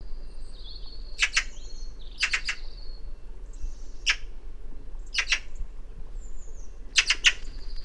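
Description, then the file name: Eurasian magpie giving harsh, rattling chatter calls in five short bursts of one to three notes, about every one to two seconds, over faint thin whistles from other birds and low background rumble. "Pica pica"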